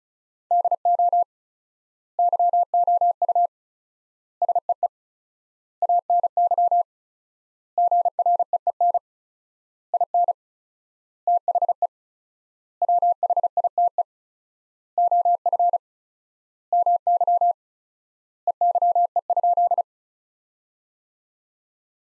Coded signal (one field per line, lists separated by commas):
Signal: Morse code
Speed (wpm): 36 wpm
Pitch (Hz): 700 Hz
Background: none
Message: DO YOU SEE ANY GREEN IN THE WHITE OF MY EYE?